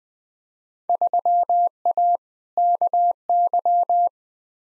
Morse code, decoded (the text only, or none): 3A KY